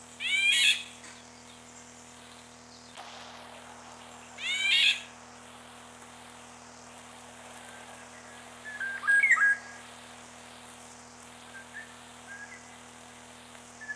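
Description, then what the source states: Eurasian golden oriole: three short calls spaced about four seconds apart, the first two high and scratchy, the last a lower whistle, separated by quiet with a faint steady hum underneath. Date given as 22.05.94.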